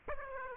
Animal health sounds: mosquito wingbeat signal from an infrared sensor; Aedes aegypti

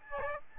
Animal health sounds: mosquito wingbeat signal from an infrared sensor; Aedes albopictus

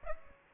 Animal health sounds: mosquito wingbeat signal from an infrared sensor; Aedes aegypti

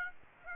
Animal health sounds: mosquito wingbeat signal from an infrared sensor; Aedes aegypti

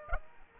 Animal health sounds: mosquito wingbeat signal from an infrared sensor; Aedes aegypti

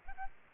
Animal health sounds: mosquito wingbeat signal from an infrared sensor; Aedes albopictus

